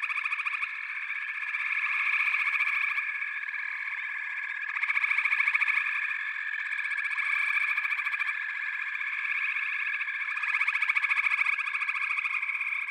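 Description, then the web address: Frog chorus, a dense, continuous pulsing drone of many callers, swelling and fading in waves every few seconds, with no other clear sounds. "The Natural Sounds of the Wilderness. Echoes of Nature - Frog Chorus"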